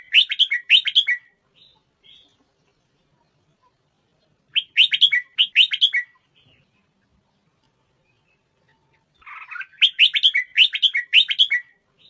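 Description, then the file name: Red-whiskered bulbul singing bright, bubbly phrases of rapid chirps, repeated after several seconds of quiet. Thai-type red-whiskered bulbul, singing. "tieng chao mao thai lan hot giong"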